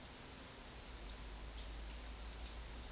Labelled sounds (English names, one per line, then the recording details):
none
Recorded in secondary vegetation near Puerto Asís, Putumayo, Colombia, on 19 March 2025 at 12:30
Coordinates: 0.499, -76.323
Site G094